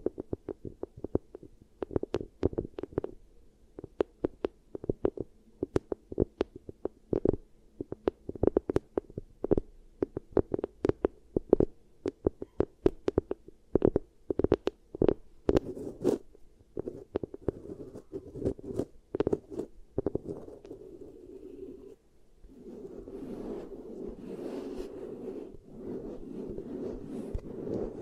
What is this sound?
Beeswax Ear Triggers